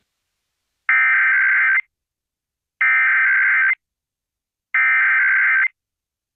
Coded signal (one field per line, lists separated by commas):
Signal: Emergency Alert System (SAME) tones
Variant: header bursts